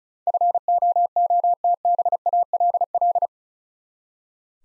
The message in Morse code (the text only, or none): FOOTBALL